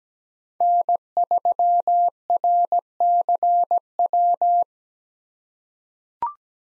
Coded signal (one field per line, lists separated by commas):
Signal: Morse code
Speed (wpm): 17 wpm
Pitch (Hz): 700 Hz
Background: none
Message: N3RCW